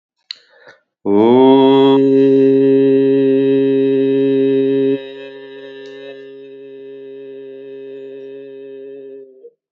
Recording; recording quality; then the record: sustained vowel as in boot; excellent, no background noise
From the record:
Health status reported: exposed to COVID-19, no respiratory illness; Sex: male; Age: 48 years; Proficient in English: yes